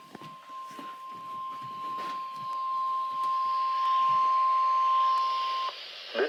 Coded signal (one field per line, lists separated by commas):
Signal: Emergency Alert System (SAME) tones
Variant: 1050 Hz attention tone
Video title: WXK45 Required Weekly Test (EAS #166) (01-27-2020)